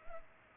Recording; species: mosquito wingbeat signal from an infrared sensor; Culex pipiens